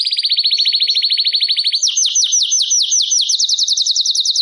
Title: Canário Belga Campainha Canary Singing